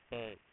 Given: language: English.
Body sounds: throat vibration sensor signal played as sound; speech

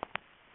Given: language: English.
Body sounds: throat vibration sensor signal played as sound; swallow

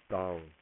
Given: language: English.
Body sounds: throat vibration sensor signal played as sound; speech

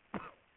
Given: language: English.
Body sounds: throat vibration sensor signal played as sound; cough

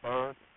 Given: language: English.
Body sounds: throat vibration sensor signal played as sound; speech

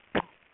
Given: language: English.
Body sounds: throat vibration sensor signal played as sound; cough

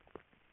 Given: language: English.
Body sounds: throat vibration sensor signal played as sound; swallow

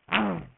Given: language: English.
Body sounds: throat vibration sensor signal played as sound; throat clearing

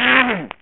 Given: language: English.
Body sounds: throat vibration sensor signal played as sound; throat clearing

